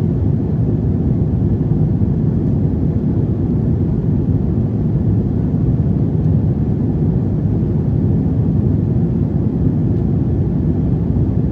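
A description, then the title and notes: Engine noise from an Airbus A330 in flight holds steady as a deep, dense roar throughout. The rumble sits low and full, with a softer hiss above it, and no voices, announcements or separate events stand out. FULL FLIGHT - Airbus A330 Palma to Frankfurt (Condor).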